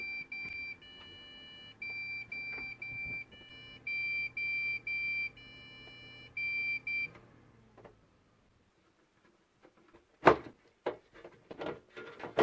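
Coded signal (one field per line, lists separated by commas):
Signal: beep code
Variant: PC power-on beeps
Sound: a run of long high beeps with brief gaps, then handling clicks and thumps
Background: room handling noise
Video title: Beeping sound when turning on the PC. Комп пищит при включении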